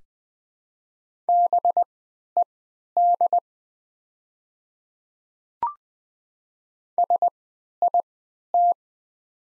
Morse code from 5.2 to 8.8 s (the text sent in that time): SIT